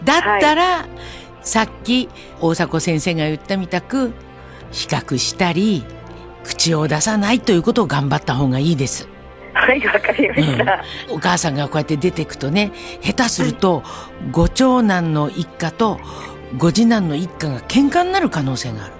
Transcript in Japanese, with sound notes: だ、った、らあ、さっき、大迫先生が言ったみたく、比較したり、口を出さない、ということを、頑張った方がいいです。
（含み笑い） はい、わかりましたあ。
うん。お母さんが、こうやって出てくとね、下手すると、ご長男の一家と、ご次男の一家が、喧嘩になる可能性がある。